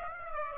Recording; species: mosquito wingbeat signal from an infrared sensor; Aedes aegypti